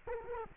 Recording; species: mosquito wingbeat signal from an infrared sensor; Culex quinquefasciatus